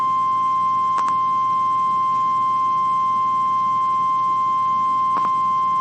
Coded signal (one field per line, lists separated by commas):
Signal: Emergency Alert System (SAME) tones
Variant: 1050 Hz attention tone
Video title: Weeklies to Welcome 11K (EAS #10997-11004) 5/17/23